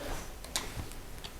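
A small metal locking spacer, which keeps a prop shaft bearing from turning, is pried out of its seat in the bearing housing. A sharp metallic tick sounds at 0.6 s, with fainter ticks around it, and the spacer comes free and is released.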